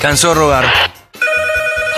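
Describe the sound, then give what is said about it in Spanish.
A telephone rings with a steady, bright electronic tone after a brief burst of warbling sound, the ring holding an even pitch with small rhythmic breaks. “Suena el teléfono”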